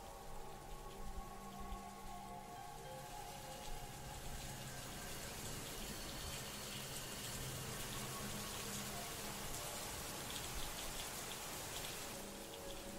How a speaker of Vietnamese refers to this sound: Ngôi nhà chìm vào trong tăm tối, chỉ còn lại tiếng mưa rơi ở bên ngoài.